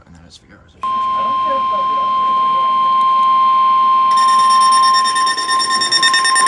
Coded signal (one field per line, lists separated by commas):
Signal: Emergency Alert System (SAME) tones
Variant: 1050 Hz attention tone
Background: speech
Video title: 50 SHADES OF GRAY MAINE... Severe Weather EAS Alerts from August 4th-5th, 2024 (EAS #1,270-1,316)